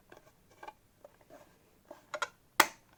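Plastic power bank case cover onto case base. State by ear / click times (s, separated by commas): seated / 2.6 s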